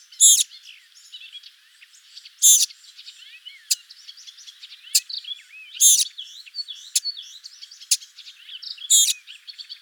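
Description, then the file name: Eurasian blackcap tack calls, hard clicks every few seconds, amid continuous chattering and warbled notes. "Sylvia atricapilla"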